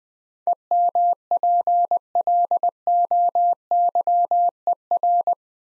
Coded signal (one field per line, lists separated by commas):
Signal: Morse code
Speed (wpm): 20 wpm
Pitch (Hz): 700 Hz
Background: none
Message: EMPLOYER